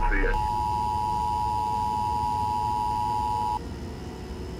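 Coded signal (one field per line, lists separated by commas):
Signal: Emergency Alert System (SAME) tones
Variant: 853 and 960 Hz attention tone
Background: speech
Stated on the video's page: Fictional EAS broadcast in an audio drama, with sound design created for the episode.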